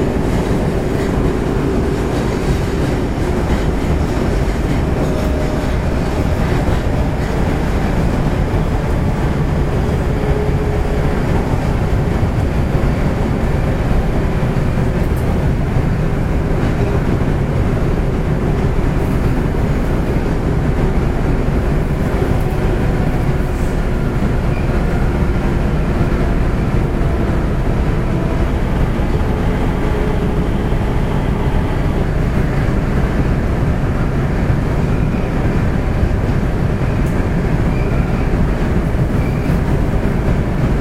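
An Osaka city subway 30000 series train runs steadily throughout, a dense low rumble with constant rattling from the wheels and cars. Faint tones drift in the midrange, and brief brighter clicks and squeals surface now and then, around 15 and 20 seconds.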